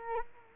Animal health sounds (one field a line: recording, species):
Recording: mosquito wingbeat signal from an infrared sensor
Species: Culex quinquefasciatus